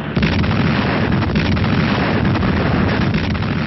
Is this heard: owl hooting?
no